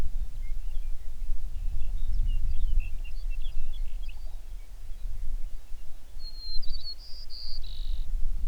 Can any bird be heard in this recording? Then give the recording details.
yes. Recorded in the Prudhoe Bay oil fields, Alaska, on 11 June 2019 at 05:05. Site 21